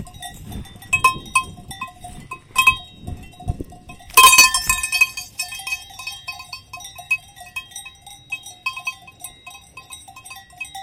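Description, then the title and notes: Cow bells clank and jingle throughout, with several low thuds of hooves early on and a burst of loud bell ringing near four seconds. Cows wearing cow bells, feeding on a walk in Valle Pramper, Dolomites. "The curious cows of Valle Pramper. Recorded by Cities and Memory"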